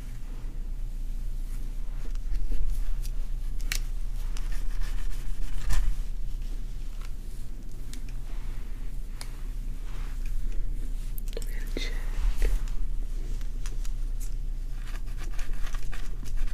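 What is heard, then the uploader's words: Quiet scalp treatment sounds: soft scratching and plucking make frequent sharp little clicks and crackles, irregular but steady across the clip. A constant low hum sits underneath, with occasional faint murmurs and a brief squeak near twelve seconds. ASMR Dandruff Removal & Scalp Check Scalp Plucking, Oiling, Treatment, Massage.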